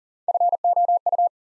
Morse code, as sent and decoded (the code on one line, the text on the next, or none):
..-. --- ..-
FOU